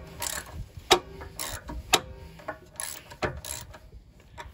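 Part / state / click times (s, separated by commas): bolt threading into pressure washer pump housing / stripped / none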